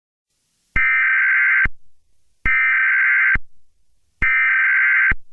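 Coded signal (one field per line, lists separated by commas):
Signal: Emergency Alert System (SAME) tones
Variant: header bursts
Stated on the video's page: Fictional EAS scenario, not a real alert.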